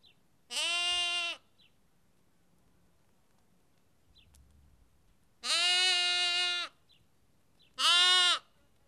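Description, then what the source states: Sheep lamb bleats three times, the first short, then a longer one and a brief final cry, separated by quiet pauses. Lamb; Kakopetria, Cyprus.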